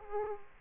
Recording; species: mosquito wingbeat signal from an infrared sensor; Culex quinquefasciatus